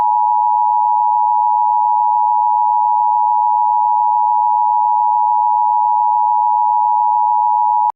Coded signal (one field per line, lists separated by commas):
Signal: Emergency Alert System (SAME) tones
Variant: 853 and 960 Hz attention tone